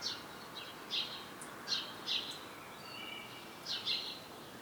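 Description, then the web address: Common blackbird calls: short, sharp, high notes given one after another, with a faint thin whistle between them, over steady hiss. "SETE Turdus merula"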